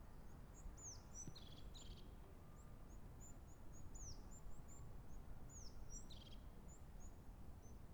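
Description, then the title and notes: European crested tit calling: quick series of high, thin notes and downward-curving slurs mixed with short buzzy trills, all above a steady low rumble. Montjuïc Cemetery, Barcelona, from an inner passageway facing the Olympic ring. "Cementiri de Montjuic. herrerillo capuchino (Lophophanes cristatus)"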